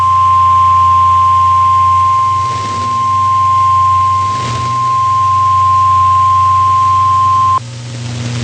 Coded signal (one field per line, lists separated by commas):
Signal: Emergency Alert System (SAME) tones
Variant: 1050 Hz attention tone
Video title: Severe T'storm Warning (EAS #372)